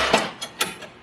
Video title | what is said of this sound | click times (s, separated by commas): 2023 Sea Ray SLX 260 - Model Overview | recessed ladder locks | 0.6 s